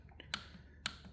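A torque wrench is pulled again on the oil filter of a Kawasaki Z H2 motorcycle, repeated to confirm it clicks at its set torque. After faint ticks, sharp clicks come at 0.3 s and 0.9 s, confirming the filter is tightened to the setting.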